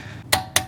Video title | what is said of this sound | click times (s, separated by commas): Tesla Brake Caliper Covers - HUGE Visual Improvement! - Install & Review | once you hear the click you know you're good then just go around make sure you got them all | 0.3 s, 0.6 s